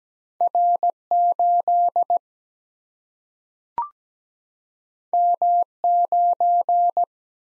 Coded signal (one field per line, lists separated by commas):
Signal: Morse code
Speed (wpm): 17 wpm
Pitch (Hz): 700 Hz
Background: none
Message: R 8 M 9